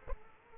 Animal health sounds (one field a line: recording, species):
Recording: mosquito wingbeat signal from an infrared sensor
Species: Aedes aegypti